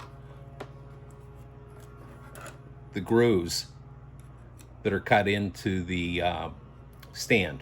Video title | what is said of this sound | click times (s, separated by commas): HO Slot Car Testing Stand / Dyno Roller | and it actually snaps right into | 0.6 s